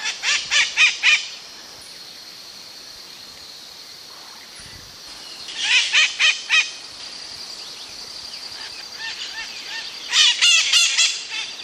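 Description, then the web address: Bird calls in three short bursts, each of four or five rapid, harsh, honking notes, with quiet gaps of several seconds between the bursts. "BIRD 2015 SABIOD bird 2015"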